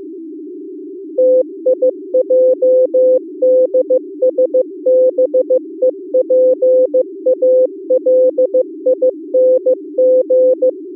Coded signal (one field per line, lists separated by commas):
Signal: Morse code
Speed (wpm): 23 wpm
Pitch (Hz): 510 Hz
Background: music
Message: TIJDSBEPALING